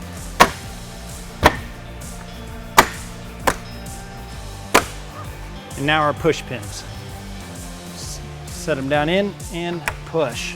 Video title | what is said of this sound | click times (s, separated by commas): Oracle Oculus BI-LED Headlight Install on Jeep JL/JT | line up the snap clips along the bottom we get the top to snap in place | 0.4 s, 1.5 s, 2.8 s, 3.5 s, 4.8 s